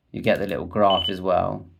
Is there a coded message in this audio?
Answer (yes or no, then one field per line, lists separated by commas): no